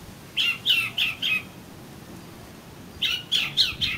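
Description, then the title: Oriental magpie-robin song: two bursts of four quick whistled notes around the upper-middle range, separated by a pause of over a second. "Kacer Kacer"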